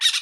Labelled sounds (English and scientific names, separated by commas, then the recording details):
Brown-throated Parakeet (Eupsittula pertinax) contact call
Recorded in Bonaire
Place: just S of turnoff to Cai, near Lac Bay
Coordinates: 12.126, -68.239